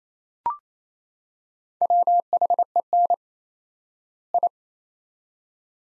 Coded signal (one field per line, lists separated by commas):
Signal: Morse code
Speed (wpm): 28 wpm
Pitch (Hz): 700 Hz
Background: none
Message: WHEN I